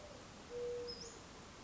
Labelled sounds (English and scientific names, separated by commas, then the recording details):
Mourning Dove (Zenaida macroura)
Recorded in Sonoma County, California